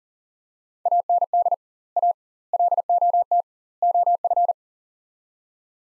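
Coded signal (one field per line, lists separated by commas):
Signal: Morse code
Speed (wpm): 40 wpm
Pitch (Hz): 700 Hz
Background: none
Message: AND A LOT OF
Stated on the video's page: Morse practice at 40 wpm: sets of four words with double word spacing, a word-level Farnsworth-style drill for head-copying.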